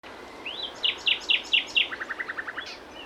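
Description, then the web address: Common nightingale song: a rising whistle, five loud repeated sharp notes, then a quick run of lower evenly spaced notes. "SETE data Luscinia megarhynchos"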